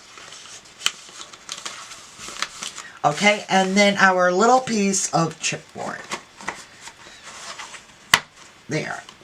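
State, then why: Seated. A chipboard backing piece is pushed into a metal picture frame while someone talks, with light scraping and tapping as it is handled. It snaps into place with a sharp, loud click at 8.1 seconds, and the backing is seated.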